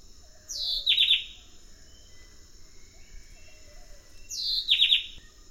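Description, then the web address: White-breasted wood-wren song: a bright downslurred whistle dropping into a quick cluster of clipped notes, given twice about four seconds apart over a steady high insect drone. Recorded in the eastern lowlands of South America. "Natures Songs S America Eastern Lowlands. White-breasted Wood-Wren"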